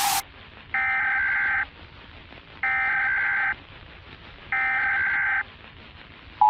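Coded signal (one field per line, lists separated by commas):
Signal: Emergency Alert System (SAME) tones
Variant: header bursts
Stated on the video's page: Fictional zombie outbreak EAS scenario in analog-horror style, possibly containing valid EAS tones.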